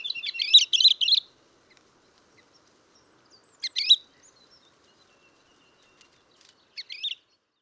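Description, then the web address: Bird chirping in short, dense bursts of high twittering notes, the bursts separated by a few seconds of quiet. "Ptichki Ula. pozivki"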